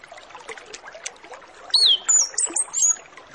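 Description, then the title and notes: Orange-headed Thrush singing very high, thin slurred whistles in four quick phrases in the second half, after a stretch of soft background chatter. Full song with varied filler phrases, played as a lure recording to prompt Orange-headed Thrushes to start singing quickly. "Masteran Anis Kembang Full Isian Untuk Suara Pancingan Anis Kembang Agar Cepat Ngeplong. Suara Burung Anis Kembang"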